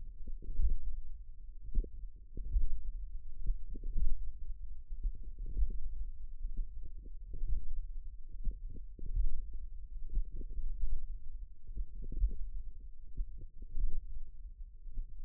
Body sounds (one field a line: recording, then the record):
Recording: forearm muscle sounds (acoustic myography)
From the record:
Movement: hook grip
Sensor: system 1, eight BSWA MPA416 microphones around the upper forearm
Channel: 6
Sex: female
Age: 20 years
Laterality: right